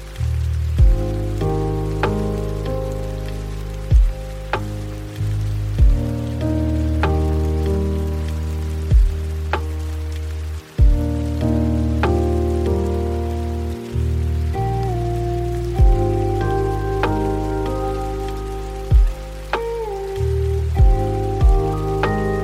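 Lo-fi hip hop music with a steady, relaxed groove: a deep, full bass and sustained chords hold underneath, while sharp drum hits land at a regular pace about every second or two. A faint rain-like hiss runs softly through the whole piece.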